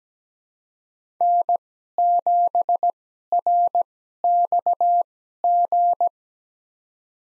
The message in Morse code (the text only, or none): N7RXG